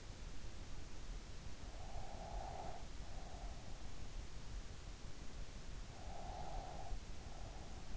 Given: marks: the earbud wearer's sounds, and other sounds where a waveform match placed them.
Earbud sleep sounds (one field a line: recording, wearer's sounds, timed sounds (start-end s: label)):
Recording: sounds in sleep by an in-ear microphone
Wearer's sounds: breath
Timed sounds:
1.64-3.74 s: breath
5.92-7.96 s: breath